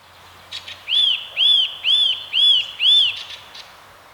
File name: Sitta europaea